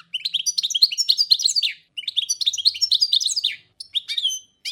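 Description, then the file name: European goldfinch song: rapid tinkling, twittering phrases with buzzy notes, two long bursts followed by shorter fragments, no other sounds. "Ptica - Penie ptic - CSHegol"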